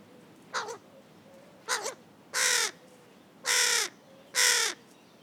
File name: Corvus corone